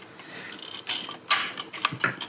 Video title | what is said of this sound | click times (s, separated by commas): Build The Lepard 2A6 - Pack 1 | once you hear that click it means it's gone in okay so once that's done like that | 1.8 s